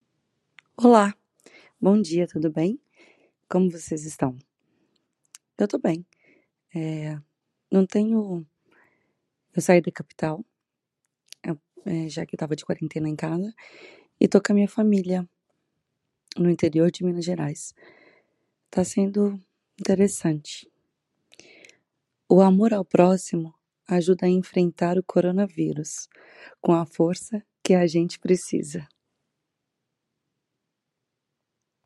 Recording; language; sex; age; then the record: spoken sentence; Brazilian Portuguese; female; 30 to 39 years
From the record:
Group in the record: control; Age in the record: 34 years